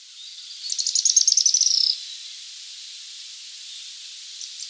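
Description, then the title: Araucaria tit-spinetail song, a fast high-pitched chattering trill ending in a buzzier note, lasting just over a second; faint high notes follow near the end. "LuckyPassaro Completos2Sama. Araucaria Tit-Spinetail (Leptasthenura setaria)"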